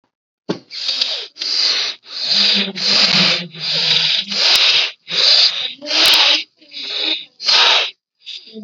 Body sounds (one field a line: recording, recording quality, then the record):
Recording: deep breathing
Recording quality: excellent, no background noise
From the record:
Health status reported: healthy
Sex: male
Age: 41 years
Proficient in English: yes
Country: India